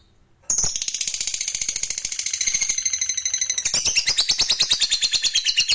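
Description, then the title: Lovebird giving a long, high chattering trill of rapid pulses, running without a break after a sudden start. Fighter lovebird giving a long ngekek trill. "Begitu Dengar Suara Lovebird FIGHTER NGEKEK PANJANG"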